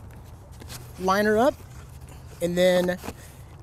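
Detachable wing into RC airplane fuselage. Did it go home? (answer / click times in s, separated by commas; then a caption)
no / none. A detachable foam (EPO) wing of an RC plane is slid onto the fuselage and lined up to be pushed home, with light handling noise and two faint ticks near 0.1 and 0.6 seconds. Someone talks in two short bursts around 1.0–1.5 and 2.4–3.0 seconds. Nothing has seated or snapped into place yet.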